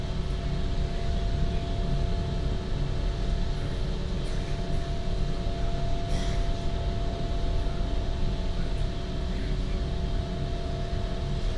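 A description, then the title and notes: A train rolls steadily with a dense low rumble, several sustained tones humming above it, and a few brief clicks and rattles. NS Sprinter. The Netherlands. Recorded between Den Haag and Amsterdam Sloterdijk. Surprisingly few human sounds and a lot of harmony coming from the train.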